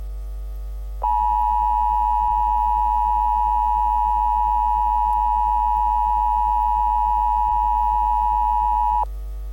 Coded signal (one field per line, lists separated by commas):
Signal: Emergency Alert System (SAME) tones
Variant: 853 and 960 Hz attention tone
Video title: An EAS Scenario: M A R S I S T H E N E W E A R T H (Part I)